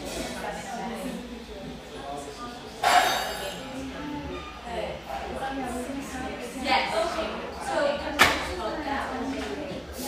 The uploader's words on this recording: Enjoy a sleepy start in this humming café, settled near the beach just north of San Diego.